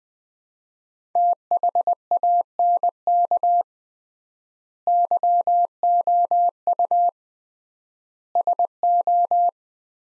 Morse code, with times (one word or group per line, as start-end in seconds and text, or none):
1.2-3.6 THANK
4.9-7.1 YOU
8.4-9.5 SO